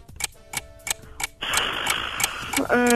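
A quiz countdown timer, restarted for the second question, ticks steadily, about three crisp ticks per second. A humming tone sits underneath at first, then a brighter hissy wash joins in, and a short bright chord ends it.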